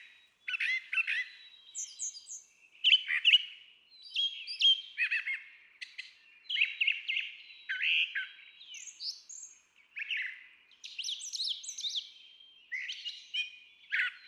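Brown Thrasher song, continuous varied phrases of high whistles, rasping notes and chirps.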